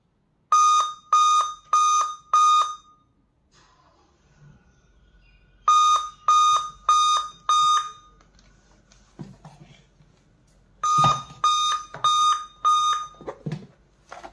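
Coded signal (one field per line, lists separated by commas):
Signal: beep code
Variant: Dell laptop BIOS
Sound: four short buzzy beeps, pause, repeated three times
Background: faint room noise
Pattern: 4 short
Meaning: Four beeps indicate a memory (RAM) failure or improperly seated RAM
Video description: The Four Beep on Dell Inspiron Models usually indicate a memory or RAM Failure. It Could mean that RAM is faulty or not installed properly.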